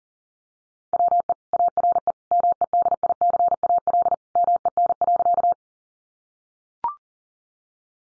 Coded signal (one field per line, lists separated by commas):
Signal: Morse code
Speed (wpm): 40 wpm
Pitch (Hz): 700 Hz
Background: none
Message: WE ARE MEDICAL MEN.